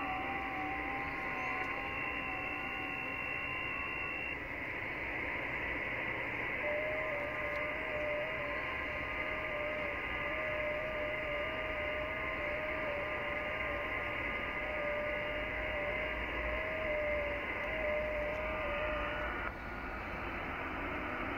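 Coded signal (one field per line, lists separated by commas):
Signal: FT8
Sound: steady receiver hiss with faint thin warbling tones starting and stopping in timed slots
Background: radio static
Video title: YI3HWR, IRAQ Middle East, 14MHz, FT8, Worked by HL2WA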